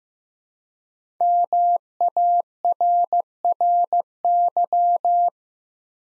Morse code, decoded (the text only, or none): MARRY